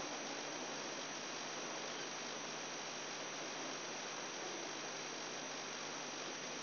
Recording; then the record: brain microelectrode recording played as sound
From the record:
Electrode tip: inside the subthalamic nucleus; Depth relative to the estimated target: 2 mm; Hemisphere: right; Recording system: AlphaMap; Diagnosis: Parkinson's disease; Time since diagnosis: 10 years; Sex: male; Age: 58 years